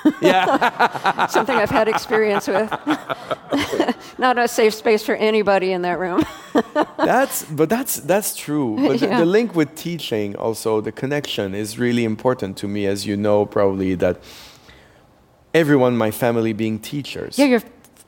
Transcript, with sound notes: Something I've had experience with - not a safe space for anybody in that room (laughter).
That's - but that's true.
Yeah.
The link with teaching, also - the connection is really important to me, as you know, probably, that everyone in my family being teachers.